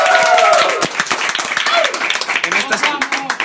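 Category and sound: crowd, audience applause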